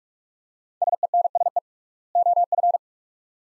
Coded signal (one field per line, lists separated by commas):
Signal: Morse code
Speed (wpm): 42 wpm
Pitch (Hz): 700 Hz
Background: none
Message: SENSE OF